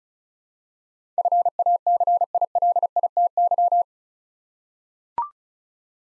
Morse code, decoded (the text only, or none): FACILITY